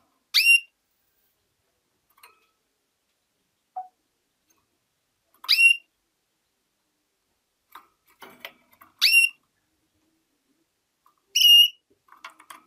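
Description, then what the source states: Canary calls: four short, bright notes spaced a few seconds apart, with faint softer sounds in between. Female bird.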